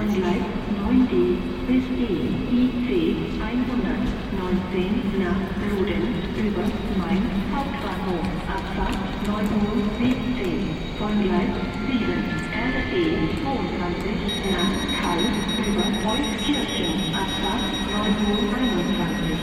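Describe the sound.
Dense, steady crowd chatter fills Cologne Central Station with a low rumble beneath, and a faint high tone sets in around fourteen seconds.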